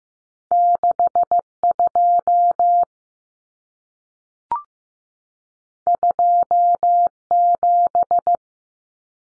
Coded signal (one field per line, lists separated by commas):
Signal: Morse code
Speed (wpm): 15 wpm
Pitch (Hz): 700 Hz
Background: none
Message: 62 27